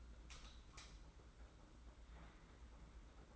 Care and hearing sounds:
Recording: daily activity, microphone in the room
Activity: light on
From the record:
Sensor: 3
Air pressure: 991.9 hPa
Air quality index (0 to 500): 221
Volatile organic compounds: 1000 ppm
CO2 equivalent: 7587 ppm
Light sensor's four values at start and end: 16/39/15/14 and 24/65/27/23

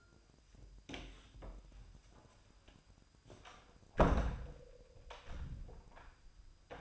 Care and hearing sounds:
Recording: daily activity, microphone in the room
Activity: close door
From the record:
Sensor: 2

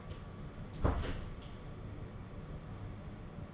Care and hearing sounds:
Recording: daily activity, microphone in the room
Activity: close door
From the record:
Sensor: 4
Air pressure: 1016.0 hPa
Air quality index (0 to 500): 207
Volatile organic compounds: 12 ppm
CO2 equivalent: 2356 ppm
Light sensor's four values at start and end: 9/20/8/7 and 9/20/8/7

